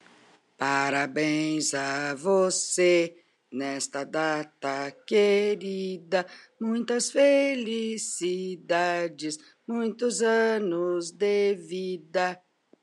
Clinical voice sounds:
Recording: short text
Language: Brazilian Portuguese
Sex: female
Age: 60 to 69 years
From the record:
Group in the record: control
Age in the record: 63 years

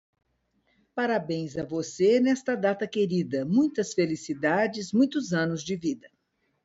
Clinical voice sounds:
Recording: short text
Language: Brazilian Portuguese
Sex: female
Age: 40 to 49 years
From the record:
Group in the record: control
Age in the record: 44 years

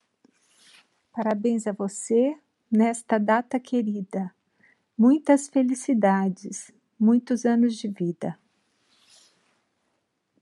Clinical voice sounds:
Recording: short text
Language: Brazilian Portuguese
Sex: female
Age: 50 to 59 years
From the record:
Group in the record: control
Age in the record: 55 years

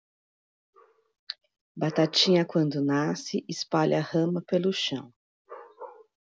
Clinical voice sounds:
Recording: short text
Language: Brazilian Portuguese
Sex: female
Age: 50 to 59 years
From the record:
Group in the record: control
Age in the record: 58 years

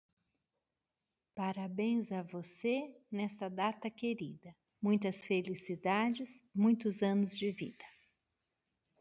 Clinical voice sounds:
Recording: short text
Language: Brazilian Portuguese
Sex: female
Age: 50 to 59 years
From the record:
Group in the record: control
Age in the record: 52 years

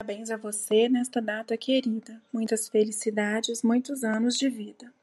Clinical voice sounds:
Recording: short text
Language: Brazilian Portuguese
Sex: female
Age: 40 to 49 years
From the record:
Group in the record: control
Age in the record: 41 years

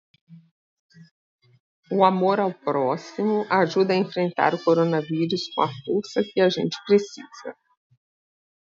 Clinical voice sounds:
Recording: spoken sentence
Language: Brazilian Portuguese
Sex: female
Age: 50 to 59 years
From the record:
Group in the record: control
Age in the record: 55 years

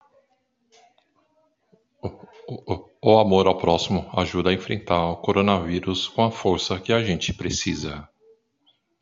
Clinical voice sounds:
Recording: spoken sentence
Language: Brazilian Portuguese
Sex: male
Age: 50 to 59 years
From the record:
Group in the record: control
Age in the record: 55 years

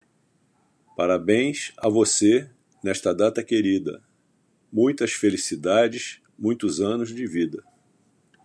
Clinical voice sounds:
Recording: short text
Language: Brazilian Portuguese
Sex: male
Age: 70 to 79 years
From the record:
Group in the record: control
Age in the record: 70 years

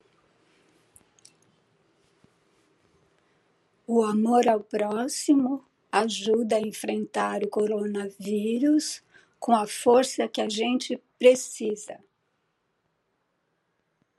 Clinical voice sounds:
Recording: spoken sentence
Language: Brazilian Portuguese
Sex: female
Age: 60 to 69 years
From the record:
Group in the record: control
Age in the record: 66 years

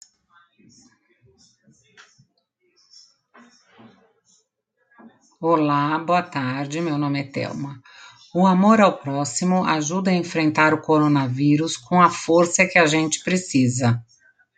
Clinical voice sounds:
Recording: spoken sentence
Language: Brazilian Portuguese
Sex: female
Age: 50 to 59 years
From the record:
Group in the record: control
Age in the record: 54 years

